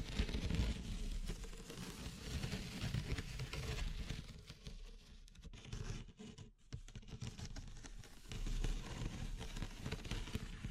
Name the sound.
Natural Triggers Wood, Bamboo and Straw